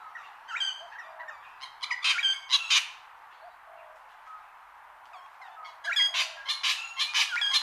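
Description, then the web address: Wattlebird grating calls: loud rasping squawks bunched around the second to third seconds, then a fresh burst of harsh notes near the end. Long call. "Sound Effects-Foundation 1 BIRD WATTLE BIRD CALL LONG"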